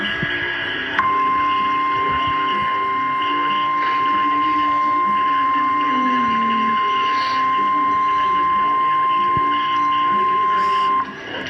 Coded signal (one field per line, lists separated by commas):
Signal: Emergency Alert System (SAME) tones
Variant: 1050 Hz attention tone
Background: speech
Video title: Severe Thunderstorm Warning EAS #67